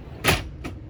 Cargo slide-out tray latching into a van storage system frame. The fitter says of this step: it locks into place. And that's our cargo tray slide out.